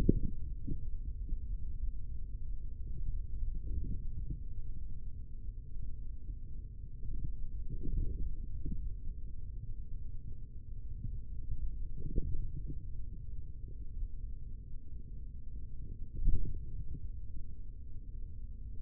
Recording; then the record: forearm muscle sounds (acoustic myography)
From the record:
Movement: hand opening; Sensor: system 3, bracelet of six PUI Audio POM-2738L microphones around the upper forearm, with dedicated amplification and filtering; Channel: 5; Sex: male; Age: 43 years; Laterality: right